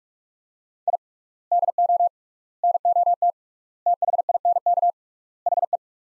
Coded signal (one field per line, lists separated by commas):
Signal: Morse code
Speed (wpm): 45 wpm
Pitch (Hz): 700 Hz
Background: none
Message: I DO NOT THINK HE